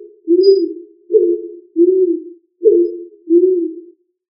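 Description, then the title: Pigeon giving a steady series of five low, throaty coos, each about half a second long, evenly spaced with brief gaps between them. "Familia ColumbidaePomba"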